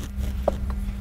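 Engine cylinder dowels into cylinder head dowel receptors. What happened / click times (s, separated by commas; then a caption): The cylinder dowels clicked into their seats / 0.5 s. A motorcycle engine cylinder is set down so its dowels slide into the cylinder head's dowel receptors and the push rod tubes seat. A sharp click at 0.5 s marks the dowels seating, followed by a softer tap at 0.7 s over a steady low hum. The cylinder is confirmed seated.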